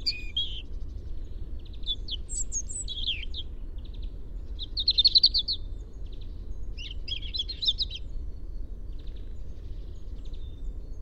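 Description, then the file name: European robin song in spaced, high-pitched phrases: soft thin notes, then brighter bursts of tinkling trills, with gaps of quiet between them and low steady background noise. "Erithacus rubecula"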